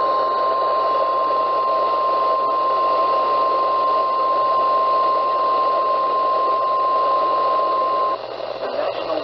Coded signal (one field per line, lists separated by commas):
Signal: Emergency Alert System (SAME) tones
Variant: 1050 Hz attention tone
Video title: MIDWEEK FLOODING AND STORMS... EAS Alerts from 5/18/20 - 5/21/20 (EAS #4,202 - 4,253)